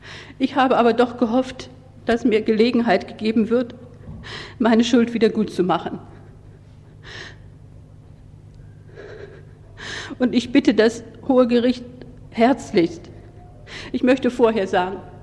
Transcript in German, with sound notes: Ich habe aber doch gehofft, dass mir Gelegenheit gegeben wird, meine Schuld wieder gutzumachen. [schluchzt] Und ich bitte das hohe Gericht herzlichst, ich möchte vorher sagen,